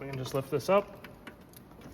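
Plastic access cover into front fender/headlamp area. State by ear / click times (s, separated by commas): seated / 1.6 s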